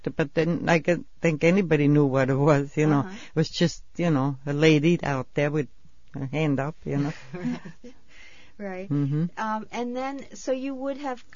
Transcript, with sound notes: But then, I gue-- think anybody knew what it was, you know. It was just, you know, a lady out there with her hand up, you know.
( laughs ) Right. And then, so you would have